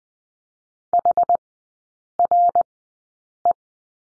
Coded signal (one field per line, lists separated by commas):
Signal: Morse code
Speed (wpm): 20 wpm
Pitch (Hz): 700 Hz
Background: none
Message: HRE